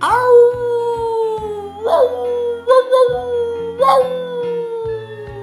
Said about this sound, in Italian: si getta all'inseguimento, ululando da far spavento.